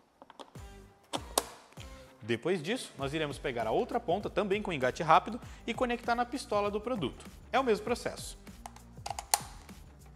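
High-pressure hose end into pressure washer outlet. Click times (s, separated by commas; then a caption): 1.4 s. The quick-connect end of a high-pressure hose is pushed into the front outlet of a WAP Ousada WL 2600 ULTRA high-pressure washer and drain unblocker, seating with a sharp click at 1.4 s. Softer clicks come just before it, and a few more handling clicks occur around 8.7–9.3 s. Someone talks through most of the clip.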